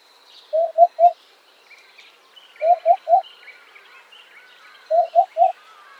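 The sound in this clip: Eurasian hoopoe uttering three evenly spaced series of low, three-note hoots, with quiet bird chatter in the background.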